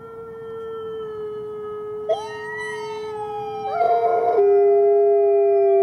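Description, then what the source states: Wolf howls from several animals overlap, one long steady tone joined by wavering howls that swell louder toward the end. A wolf pack howling.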